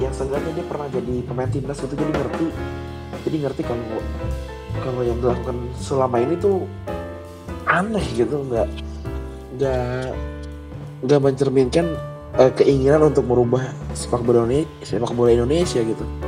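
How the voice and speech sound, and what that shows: Indonesian adult male speech with repeated words and phrases ('jadi ngerti', 'kalau'), a triple stretched 'nggak', and pauses; mild stuttering, over soft background music.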